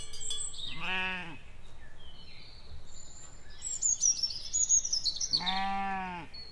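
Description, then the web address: Sheep bleating twice, once near the start and once near the end, with high bird whistles and chirps in between. "nature owce"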